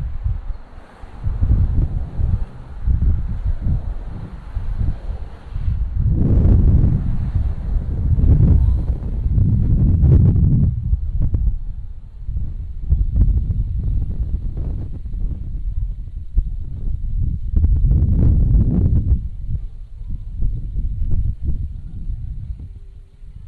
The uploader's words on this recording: Recorded by Dan Bodah. E. 18th Street and Ditmas Avenue, Brooklyn NY.